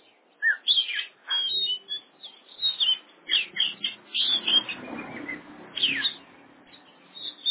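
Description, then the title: Oriental magpie-robin singing a varied medley of high whistles and chattering notes in short bursts. "Kacer"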